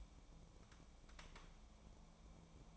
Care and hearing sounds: daily activity, microphone in the room; take from stove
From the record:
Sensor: 1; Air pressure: 1000.0 hPa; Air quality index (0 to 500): 133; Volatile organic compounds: 2 ppm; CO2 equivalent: 1261 ppm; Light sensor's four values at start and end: 37/93/39/48 and 37/93/39/48

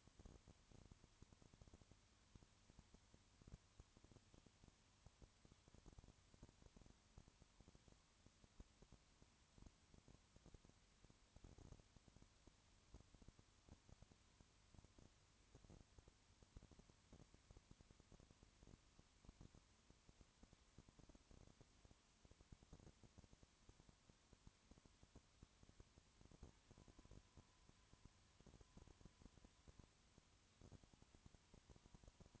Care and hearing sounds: daily activity, microphone in the room; no activity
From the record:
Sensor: 3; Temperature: 20.5 degrees Celsius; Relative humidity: 34.6%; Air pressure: 1001.0 hPa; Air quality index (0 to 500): 195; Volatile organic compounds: 6 ppm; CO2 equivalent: 1853 ppm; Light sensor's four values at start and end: 2/3/2/2 and 2/3/2/2

